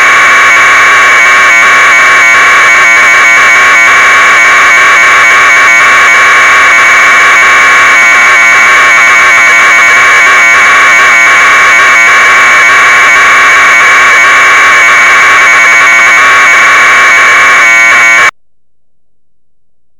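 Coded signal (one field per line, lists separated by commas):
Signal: modem data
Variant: Bell 202, 1200 baud FSK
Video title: minimodem - general-purpose software audio FSK modem for GNU/Linux systems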